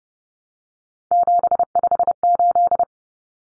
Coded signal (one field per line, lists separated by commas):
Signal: Morse code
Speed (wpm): 30 wpm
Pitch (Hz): 700 Hz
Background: none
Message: 758